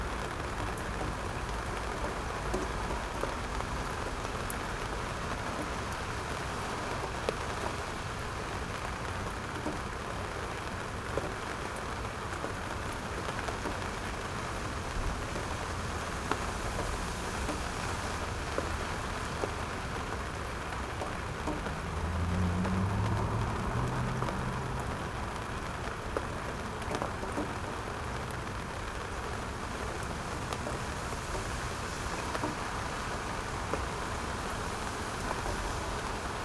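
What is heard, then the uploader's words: Steady rain patters densely on a rooftop, an even hiss with scattered sharper drops and a brief low rumble around twenty-two seconds. Rain on the Rooftop.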